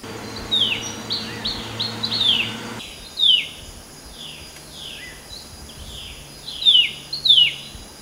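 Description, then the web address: Temminck's babbler giving a series of clear downslurred whistles, clustered in bursts with short pauses, over a low background hiss. Recorded on 13 August 2009. "RAFFCNTRE. 20090813. sound temminck-at-s babbler"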